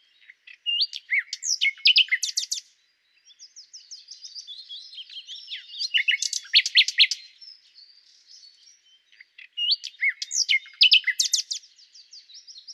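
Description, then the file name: Common nightingale singing three rich phrases, each with quiet chattering notes building into loud pulsed bursts. "Luscinia megarhynchos"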